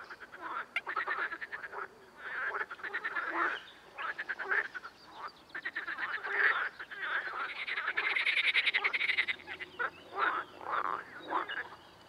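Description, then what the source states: Amphibians croaking in softer, patchy bursts of rapid pulses that come and go, with louder clusters in the second half. Ambience.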